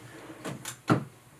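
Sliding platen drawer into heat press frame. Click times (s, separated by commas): 0.9 s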